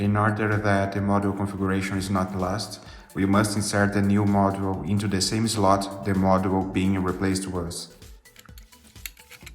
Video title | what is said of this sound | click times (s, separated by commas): N20K48 Controller - Module replacement - English | We insert a new module until it clicks and it's done. | 9.1 s